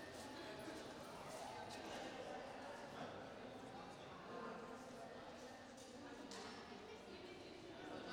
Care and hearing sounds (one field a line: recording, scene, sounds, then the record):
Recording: everyday scene through a hearing-aid microphone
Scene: reverberant space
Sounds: background noise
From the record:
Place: railway station hall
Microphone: in the ear canal, right